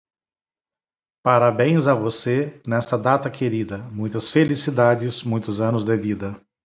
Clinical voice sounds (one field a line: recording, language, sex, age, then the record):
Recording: short text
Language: Brazilian Portuguese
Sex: male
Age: 50 to 59 years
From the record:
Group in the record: control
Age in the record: 53 years